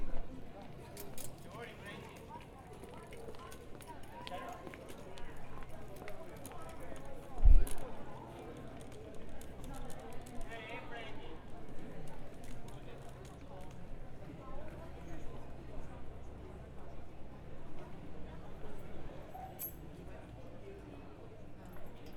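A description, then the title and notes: Busy street ambience in central Venice near a church at noon, with steady overlapping chatter, footsteps, and a sharp knock around seven seconds. Field Recording Nr. 3 - Downtown Venice By Chiesa San Felice, Around Noon.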